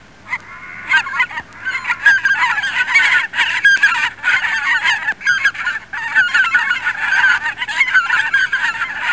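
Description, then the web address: Goose: geese giving loud, nasal honks in quick, uneven bursts, many birds calling over one another throughout. "Soundsation. Animals Geese"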